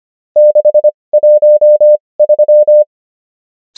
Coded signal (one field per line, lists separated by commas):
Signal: Morse code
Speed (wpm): 25 wpm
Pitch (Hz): 600 Hz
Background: none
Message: 613